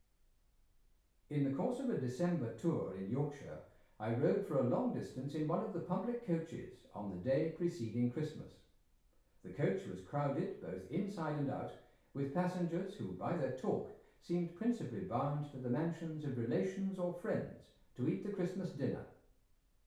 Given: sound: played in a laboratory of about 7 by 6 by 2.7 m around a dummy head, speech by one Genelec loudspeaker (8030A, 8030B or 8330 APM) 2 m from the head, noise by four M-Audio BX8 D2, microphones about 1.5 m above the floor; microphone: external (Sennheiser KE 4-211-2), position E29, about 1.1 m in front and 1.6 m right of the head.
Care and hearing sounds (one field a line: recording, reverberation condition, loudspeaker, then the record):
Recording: male speech in English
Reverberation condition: medium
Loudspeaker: 90 degrees to the right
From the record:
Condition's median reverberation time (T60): about 510 ms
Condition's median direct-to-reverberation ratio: about -0.5 dB